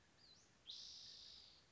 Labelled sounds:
Spotted Towhee
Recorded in Sonoma County, California

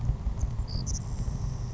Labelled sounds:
Savannah Sparrow
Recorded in Sonoma County, California

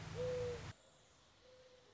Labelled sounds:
Mourning Dove
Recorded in Sonoma County, California

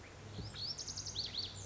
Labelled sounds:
Lazuli Bunting
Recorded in Sonoma County, California

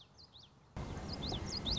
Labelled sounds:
Common Yellowthroat
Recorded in Sonoma County, California

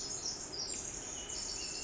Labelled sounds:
Pacific Wren
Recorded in Sonoma County, California

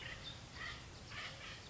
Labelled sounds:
Acorn Woodpecker
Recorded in Sonoma County, California

